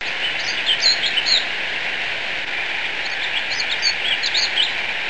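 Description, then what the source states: Warbling vireo flight calls, two clusters of short high chirps a few seconds apart, heard over a steady hissing background band of noise. Nocturnal flight call.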